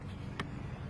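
A car seat's UAS strap connector is attached to the vehicle's lower anchor bar on the other side. It makes a single sharp metallic click at 0.4 s over low background rumble, and the connector is seated on the anchor.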